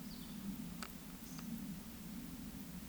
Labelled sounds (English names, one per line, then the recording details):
Eurasian Woodcock whistle
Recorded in Baden-Württemberg, Germany, on 9 May 2021 at 19:07 UTC
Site 23718, 552 m above sea level